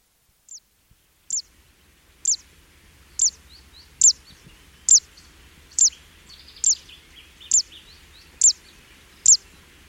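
Fan-tailed warbler repeating piercing high 'zit' calls roughly every second, starting faint then growing stronger, with softer short notes between them; light background hiss.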